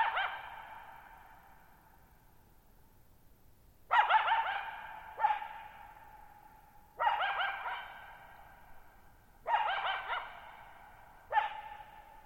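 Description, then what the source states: Coyote barking repeatedly, several harsh calls, each ending in a drawn-out tone and a long echoing decay. Lone coyote at night, July 14, 2019, Thirtymile Meadows, Okanogan National Forest, Okanogan High Country, 6400 ft (1950 m); tall sharp mountains on a high, mostly dry plateau; shallow bowl-shaped meadow.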